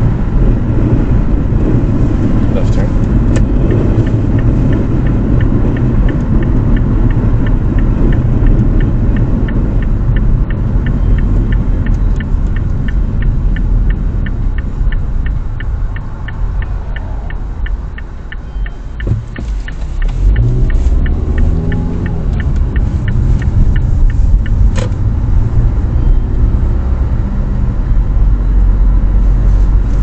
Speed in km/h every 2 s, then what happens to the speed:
47, 47, 47, 45, 43, 35, 25, 12, 3, 0, 13, 18, 37, 40, 40.
0-17 slows to 0. 18-30 pulls away to 40.